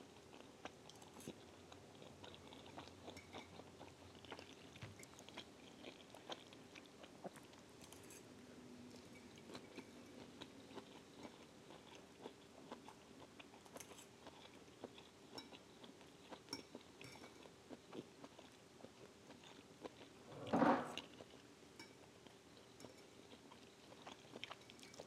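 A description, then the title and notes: Eating sounds: soft, irregular chewing and little clicks of the mouth and utensils scattered through the whole stretch. A steady low hum sits underneath. Just past twenty seconds comes one louder, brighter knock or clink. Dinner time (eating sounds).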